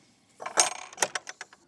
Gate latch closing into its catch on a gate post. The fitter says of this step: Listen for the click.